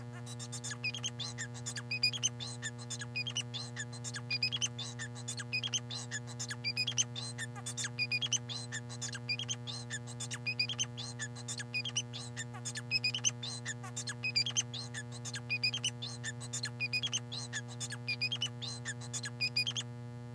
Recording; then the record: song of a male Bengalese finch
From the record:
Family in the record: son of father 4